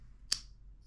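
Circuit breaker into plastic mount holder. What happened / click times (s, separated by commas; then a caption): The part snapped into its plastic holder / 0.3 s. An automotive circuit breaker is pressed into a 3D-printed plastic mount holder. A single sharp, bright snap sounds at 0.3 s over a quiet low hum, and the breaker is seated in the holder.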